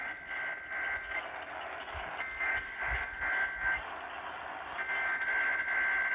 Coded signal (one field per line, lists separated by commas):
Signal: Emergency Alert System (SAME) tones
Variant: header bursts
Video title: Sterling tested early! EAS# 327- 329 10/14/20